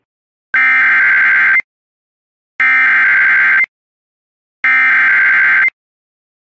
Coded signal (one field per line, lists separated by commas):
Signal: Emergency Alert System (SAME) tones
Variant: header bursts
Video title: SVR On WJON 6/7/24 (EAS #2557)